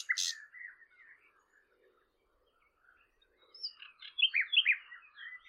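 Bird chirping: a buzzy high note and short twitters at the start, then after a quiet gap a string of quick slurred chirps.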